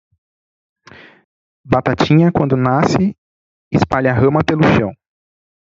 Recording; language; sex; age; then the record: short text; Brazilian Portuguese; male; 20 to 29 years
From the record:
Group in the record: control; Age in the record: 27 years